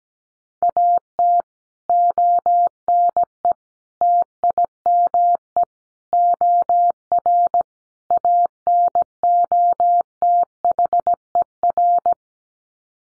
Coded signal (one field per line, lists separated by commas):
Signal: Morse code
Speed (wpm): 17 wpm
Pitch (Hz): 700 Hz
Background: none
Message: AT ONE TIME OR ANOTHER